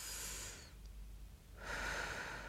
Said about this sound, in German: Und setzt es an meine Haut. Und einatmen, tief einatmen. Und aus. Und ein.